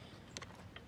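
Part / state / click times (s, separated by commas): oil dipstick into engine filler hole / stripped / 0.4 s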